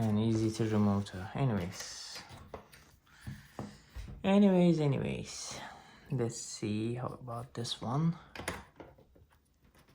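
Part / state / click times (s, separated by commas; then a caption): 3D-printed wheel disc into model car wheel/hub / not seated / none. Someone talks while handling a 3D-printed plastic wheel disc, about to push it into the wheel hub of a 3D-printed Toyota Supra model car, with a few short, faint handling sounds in between. Nothing has seated or clicked yet.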